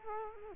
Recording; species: mosquito wingbeat signal from an infrared sensor; Culex quinquefasciatus